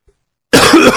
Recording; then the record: coughing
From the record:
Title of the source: Coughing 46